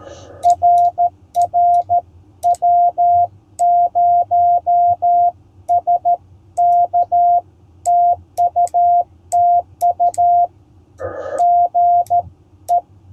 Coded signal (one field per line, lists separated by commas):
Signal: Morse code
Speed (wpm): 13 wpm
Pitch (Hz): 700 Hz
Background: none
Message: RR W0SK TU TU GE